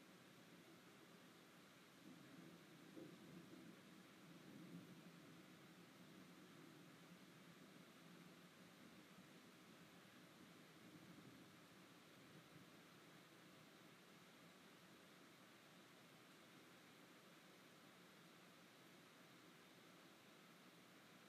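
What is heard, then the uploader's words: A thunderstorm's steady, dense rain hiss fills the whole recording, bright and even from start to finish. A soft low rumble swells briefly in the first few seconds, around the two-to-five second mark, then fades back beneath the constant downpour. ASMR Thunder Storm.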